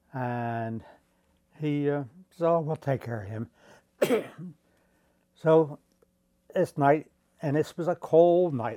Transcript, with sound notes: And he said, "Oh, we'll take care of him." [coughs] So it's night and this was a cold night.